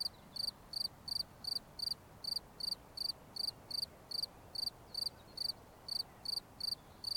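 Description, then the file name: Cricket song of brief shrill chirps, mostly regular at about two to three per second, with one or two short pauses in the rhythm. "Grillons"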